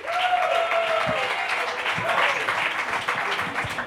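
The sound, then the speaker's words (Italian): Steady applause from a comedy night audience welcoming a comedian, a dense wash of many hands clapping at an even level, with a faint cheer or voice rising briefly near the start. “Fate un applauso al comico più di merda che io abbia mai visto”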